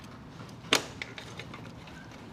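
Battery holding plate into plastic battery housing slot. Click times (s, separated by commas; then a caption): 0.7 s. The tab of a Scram 411 motorcycle's battery holding plate is pushed into a slot in the plastic battery housing, giving a sharp click at 0.7 s and a smaller tap at 1.0 s over a low steady hum. The plate locks in place.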